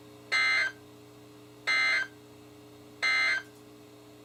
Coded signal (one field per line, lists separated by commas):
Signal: Emergency Alert System (SAME) tones